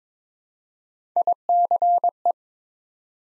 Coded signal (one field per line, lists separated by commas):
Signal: Morse code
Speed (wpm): 22 wpm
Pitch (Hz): 700 Hz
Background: none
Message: ICE